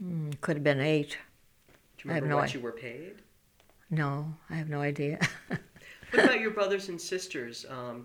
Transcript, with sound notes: It could have been eight.
Do you know what you were paid?
No, I have no idea. ( she laughs )
What about your brothers and sisters?